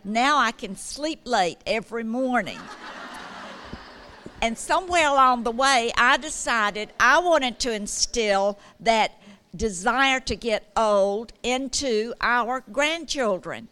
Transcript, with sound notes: Now I can sleep late every morning!" [laughter] And somewhere along the way I decided I wanted to instill that desire to get old into our grandchildren.